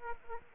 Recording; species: mosquito wingbeat signal from an infrared sensor; Aedes aegypti